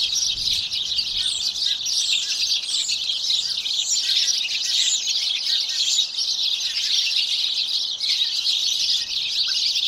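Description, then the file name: A House sparrow flock chattering, many overlapping bright chirps blending into a constant shrill hubbub, with a few sharper notes standing out now and then. "Passer domesticus"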